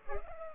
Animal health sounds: mosquito wingbeat signal from an infrared sensor; Culex pipiens

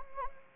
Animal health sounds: mosquito wingbeat signal from an infrared sensor; Anopheles gambiae

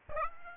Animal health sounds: mosquito wingbeat signal from an infrared sensor; Aedes aegypti

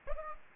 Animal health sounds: mosquito wingbeat signal from an infrared sensor; Aedes aegypti

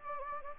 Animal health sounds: mosquito wingbeat signal from an infrared sensor; Anopheles gambiae

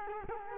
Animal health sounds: mosquito wingbeat signal from an infrared sensor; Culex quinquefasciatus

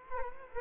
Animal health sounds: mosquito wingbeat signal from an infrared sensor; Culex quinquefasciatus

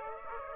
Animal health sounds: mosquito wingbeat signal from an infrared sensor; Aedes aegypti

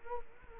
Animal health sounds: mosquito wingbeat signal from an infrared sensor; Culex quinquefasciatus

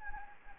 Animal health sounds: mosquito wingbeat signal from an infrared sensor; Anopheles gambiae

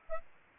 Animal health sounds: mosquito wingbeat signal from an infrared sensor; Anopheles arabiensis

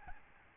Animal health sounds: mosquito wingbeat signal from an infrared sensor; Aedes albopictus

